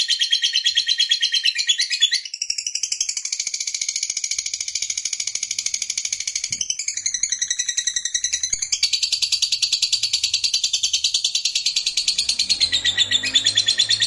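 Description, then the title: Lovebird song: sustained, fast-pulsed high chattering trill running the whole time, briefly dipping near the start and changing tone several times. Fighter lovebird singing energetically (gacor). "Berkat SUARA Lovebird FIGHTER GACOR Ini"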